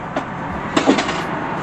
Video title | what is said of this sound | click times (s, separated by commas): Fiesta ST180 REAR TRANSFORMATION! (LEDs + Auto Boot) | Same thing again. Hear that click? There you go. | 0.8 s